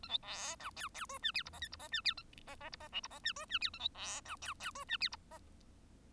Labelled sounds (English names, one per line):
Bengalese Finch song